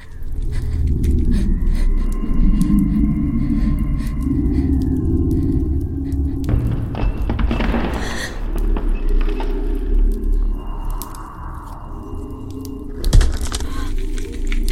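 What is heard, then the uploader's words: An eerie atmosphere of an abandoned city: a heavy, steady low rumble fills the whole clip, with thin whistling tones drifting above it. Around seconds 6 to 9 a rushing, hissing swell rises and fades, and a sharp crack lands near 13 seconds. Eerie atmosphere of abandoned city.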